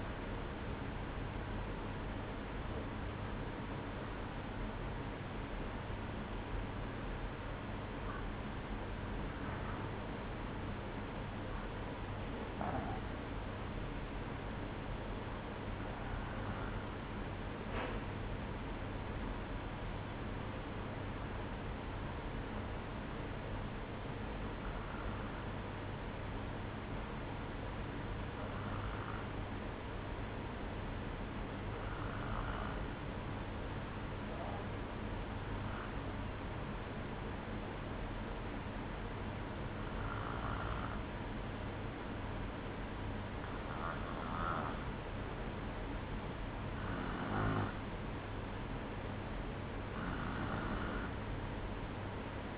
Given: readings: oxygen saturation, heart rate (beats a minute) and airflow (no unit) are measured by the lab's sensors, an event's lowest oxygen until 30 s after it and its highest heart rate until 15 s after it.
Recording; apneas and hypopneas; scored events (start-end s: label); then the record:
breathing in sleep by a voice recorder at the bedside; 1
4.00-35.20 s: hypopnea (N1, oxygen 95% highest, then 93% lowest, heart rate 58 at the start, 60 highest)
12.00-52.58 s: new sleep stage, N2 (light sleep)
From the record:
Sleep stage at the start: N1 (lightest sleep); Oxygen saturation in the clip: 92 to 95%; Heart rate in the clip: 56 to 60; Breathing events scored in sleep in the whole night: 305 in 9.6 hours asleep